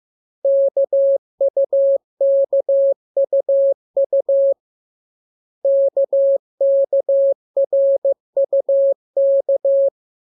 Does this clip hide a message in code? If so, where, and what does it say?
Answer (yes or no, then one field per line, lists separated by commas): yes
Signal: Morse code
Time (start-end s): 0.4-9.9 s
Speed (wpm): 15 wpm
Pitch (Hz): 550 Hz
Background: none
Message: KUKUU KKRUK